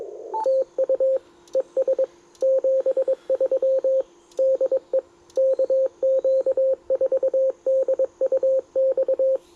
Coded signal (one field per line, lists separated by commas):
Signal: Morse code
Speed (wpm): 22 wpm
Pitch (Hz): 530 Hz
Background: radio noise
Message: TU ES 73 DE KQ4DUX